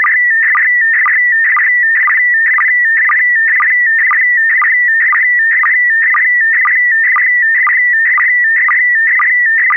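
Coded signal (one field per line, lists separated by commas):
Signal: SSTV (slow-scan television)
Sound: warbling tone near 2 kHz, with a short low blip about twice per second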